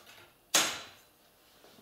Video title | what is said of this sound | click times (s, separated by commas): Tower Booth - Your City Photo Booth | and this will snap into place as well | 0.5 s